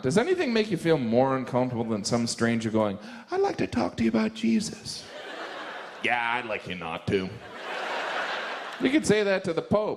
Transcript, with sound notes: Does anything make you feel more uncomfortable than some stranger going, I'd like to talk to you about Jesus?
(LAUGHTER)
Yeah, I'd like you not to.
You could say that to the pope.